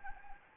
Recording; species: mosquito wingbeat signal from an infrared sensor; Anopheles arabiensis